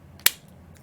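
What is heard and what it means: A weight-loss auto-injector pen is pressed against the stomach and its button is pressed, firing with a sharp, bright click at 0.3 s as the needle inserts. Fainter ticks are heard just before and after the click. The pen has fired and the injection has started.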